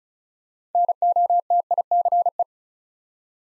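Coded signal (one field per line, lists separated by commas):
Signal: Morse code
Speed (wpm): 33 wpm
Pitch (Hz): 700 Hz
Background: none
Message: NOTICE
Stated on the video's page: Morse practice drill building 6-letter words two letters at a time at 35 wpm, for instant character recognition.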